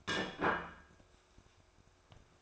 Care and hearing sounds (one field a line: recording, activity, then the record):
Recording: daily activity, microphone in the room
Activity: place plate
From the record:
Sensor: 2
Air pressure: 1004.2 hPa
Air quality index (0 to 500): 190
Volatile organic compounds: 11 ppm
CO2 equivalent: 2273 ppm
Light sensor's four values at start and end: 4/10/4/4 and 4/10/4/4